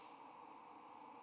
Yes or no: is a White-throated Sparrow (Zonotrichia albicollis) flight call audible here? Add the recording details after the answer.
no. No flight call is heard. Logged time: 05:11 on 15 November 2014